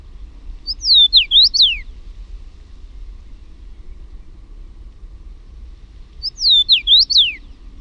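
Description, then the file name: Common rosefinch singing two identical short whistled phrases, swooping up and down and ending with a falling slur, about five seconds apart with silence between. "PUNAVARPUNEN"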